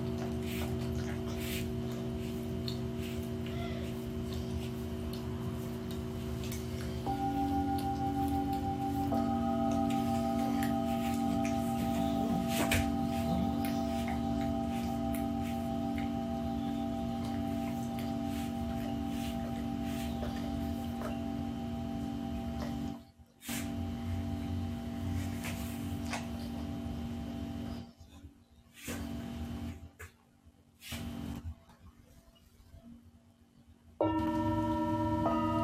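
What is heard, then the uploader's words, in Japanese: Singing bowls ring in a steady, layered drone of sustained tones, new strikes joining around 7 and 9 seconds, with brief near-silent gaps after 23 seconds. メキシコから シンギングボウルのサウンドヒーリング ライブ。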